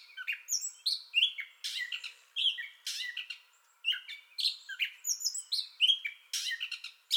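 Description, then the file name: Gray catbird song, a hurried jumble of nasal mews, squeaks and harsh rattles, with a short lull midway through. Entire song bout, 30 May 2021. "2021-05-30 Gray Catbird Entire Song Bout"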